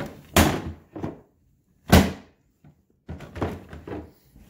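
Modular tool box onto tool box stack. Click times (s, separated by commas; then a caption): 0.4 s. A plastic Ryobi LINK modular tool box is pressed down onto a stack of tool boxes and locks in with a loud click at 0.4 s, followed by a softer knock near 1.0 s and another heavy thunk near 1.9 s. A cluster of quieter plastic knocks and rattles follows between about 3.2 and 4.0 s, and the box is seated on the stack.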